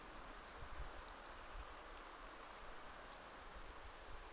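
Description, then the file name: Eurasian blue tit giving high, thin calls: a sustained whistle followed by four quick downslurred notes, then a second run of four similar notes after a short pause. "Cyanistes caeruleus"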